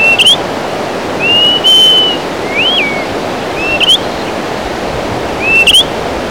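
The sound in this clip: Greater pewee calls: upslurred flicks, a sustained level whistle and a curling down-slurred phrase, over rushing noise.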